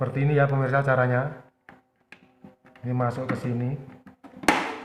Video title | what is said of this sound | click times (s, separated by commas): MEMPERBAIKI MAGICOM YONG-MA EROR E4 | kalau dia sudah terdengar mengunci ceklek gitu ya, bautnya | 4.5 s